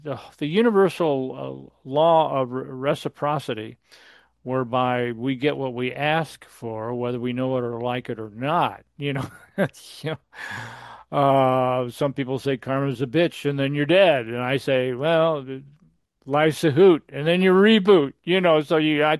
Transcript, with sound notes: the universal, uh, law of r- reciprocity whereby we get what we ask for, whether we know it or like it or not. You know? (laughs) That's, you know... Uh, some people say, "Karma's a bitch," and then you're dead. And I say, "Well, life's a hoot," and then you reboot. You know?